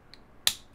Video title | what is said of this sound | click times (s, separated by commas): Transformers Beast Hunters Deluxe Windrazor (2014) - Vangelus Review 234-D | there's a lot of real solid Clicks in this transformation | 0.5 s